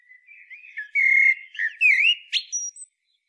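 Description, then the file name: Common blackbird with one sustained song phrase: soft whistles swelling into loud mellow fluted notes, closing with a sharp, high squeaky twitter. "Turdus merula"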